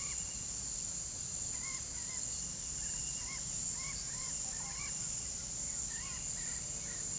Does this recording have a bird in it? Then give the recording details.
yes. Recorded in pastures near Puerto Asís, Putumayo, Colombia, on 20 February 2024 at 07:30. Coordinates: 0.486, -76.323. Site G6462